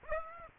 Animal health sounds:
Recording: mosquito wingbeat signal from an infrared sensor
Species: Aedes aegypti

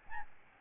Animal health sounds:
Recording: mosquito wingbeat signal from an infrared sensor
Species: Aedes albopictus

